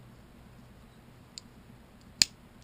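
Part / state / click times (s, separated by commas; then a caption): plastic brick into a brick cockpit assembly / seated / 2.2 s. A plastic Lego brick is pressed down inside the secondary cockpit assembly of a custom Skyhawk Gunship build. After a faint tick at 1.4 s, a sharp click at 2.2 s marks the brick snapping onto the studs, leaving it seated.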